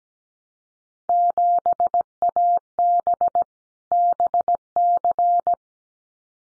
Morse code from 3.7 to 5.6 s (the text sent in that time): BC